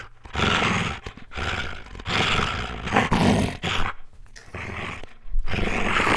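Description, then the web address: Dog growling in long, harsh, rumbling surges separated by short gaps. Medium-sized dog growling. "Khaganat-games khanat-sounds-sources stock sound library animals dogs lukofinc medium-dog-growl"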